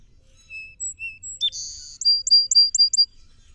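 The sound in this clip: Song sparrow song beginning with soft separate whistles, then a buzzy burst and five bright chirps in an evenly paced trill.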